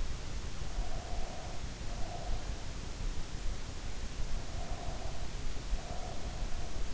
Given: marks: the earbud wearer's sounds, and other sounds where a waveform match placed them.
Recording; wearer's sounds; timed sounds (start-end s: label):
sounds in sleep by an in-ear microphone; breath
0.78-2.76 s: breath
4.31-6.51 s: breath